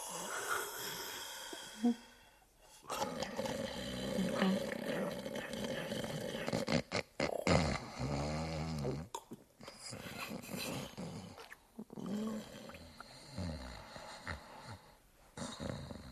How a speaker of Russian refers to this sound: Как только я услышал храп, дремота сморила и меня, и я тоже уснул.